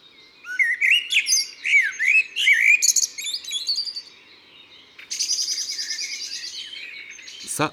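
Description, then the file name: Common blackbird singing mellow fluted notes in quick succession, then a harsh, buzzy squeaking phrase and a sharp click at the end. "Merle noir ABC des chants doiseaux"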